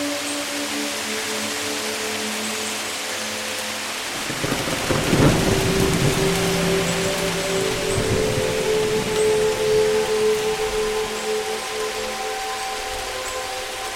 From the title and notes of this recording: Relaxing thunderstorm sounds with heavy rain and 432 Hz sounds.